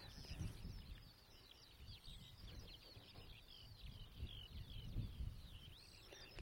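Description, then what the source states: Eurasian skylark song, an unbroken, high, warbling cascade of twittering and slurred whistles, with low wind rumble underneath. Bird rising in song during an evening dusk chorus of skylarks; chalk downland nature reserve on the Hampshire-Wiltshire-Dorset border, England; summer, after rain.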